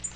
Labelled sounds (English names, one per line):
Tennessee Warbler flight call